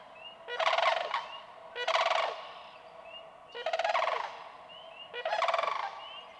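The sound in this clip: Sandhill crane giving loud, burry rattled calls, four times with short pauses between.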